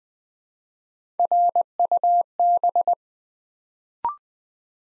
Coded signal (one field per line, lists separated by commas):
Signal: Morse code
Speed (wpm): 20 wpm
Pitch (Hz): 700 Hz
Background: none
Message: RUB